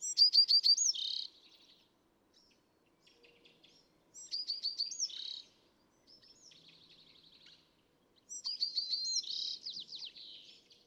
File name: California Thrasher